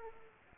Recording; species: mosquito wingbeat signal from an infrared sensor; Culex pipiens